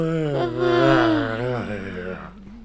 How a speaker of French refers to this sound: Tu vois, quand tu as envie de bailler, tu bailles comme tout le monde. Ah, c'est idiot. Maintenant, je vais pouvoir bailler tranquillement.